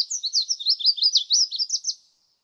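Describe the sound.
Red-faced warbler song, a fast run of high, sweet warbled notes lasting about two seconds, then silence.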